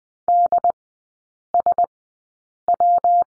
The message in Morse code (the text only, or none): DSW